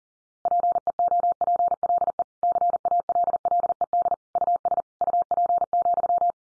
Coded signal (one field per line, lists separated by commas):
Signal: Morse code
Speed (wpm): 40 wpm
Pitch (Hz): 700 Hz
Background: none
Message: PEOPLE CALLED US UP,